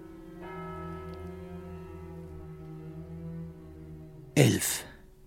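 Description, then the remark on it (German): A single deep bell stroke from a nearby tower clock striking eleven o'clock hums on with a steady, ringing tone for several seconds, then a short, harsh cough-like burst cuts in at the end. “Da, ganz in der Nähe, schlug eine Turmuhr.”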